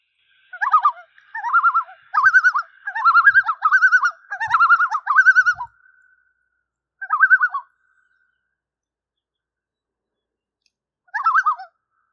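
Common loon giving a fast run of quavering, laughing tremolo phrases for about five seconds, then two more isolated wavering bursts after pauses.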